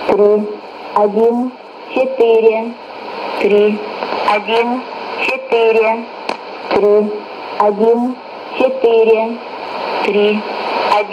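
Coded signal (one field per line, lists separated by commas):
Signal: numbers station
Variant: S06s Russian Lady, Russian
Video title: 11 01 2018 Numbers station S06s Russian Lady in Russian to Eu 0940 on 9540 unknown tx site in CUSB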